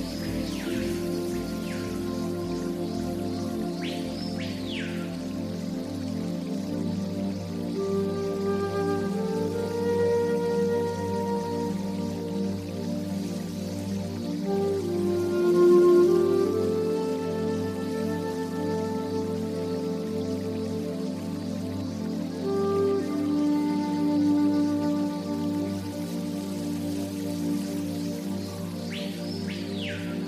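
A slow Native American flute melody drifts over a steady low drone and constant trickling water, with brief rising chirps near the start and end.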